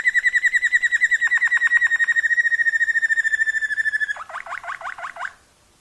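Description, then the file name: Waterslager canary song: a fast pulsed trill holding one pitch for four seconds, then dropping to a lower, rougher rolling phrase that fades. Song variations of a Waterslager canary. "kenari waterslager variasi omkicau"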